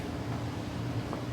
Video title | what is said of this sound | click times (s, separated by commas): Car Engine Upgrade: Snap, Connect & Secure for MAX Power! #shorts | I'm going to snap into place now, | 1.1 s